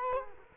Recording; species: mosquito wingbeat signal from an infrared sensor; Culex quinquefasciatus